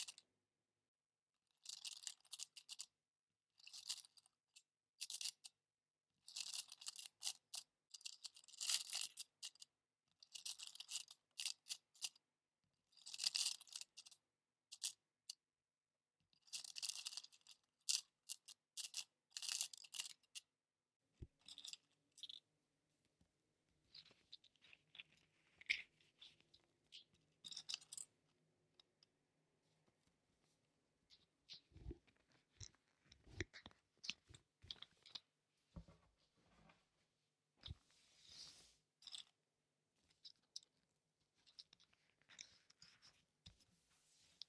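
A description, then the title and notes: Paper patterns are pinned to fabric with repeated crisp rustles and crinkles of paper, coming in quick bursts through the first twenty seconds. After that the handling turns quieter and more scattered, with a faint low hum, then sharp clicks and taps and more rustling toward the end. ASMR pinning paper patterns to fabric.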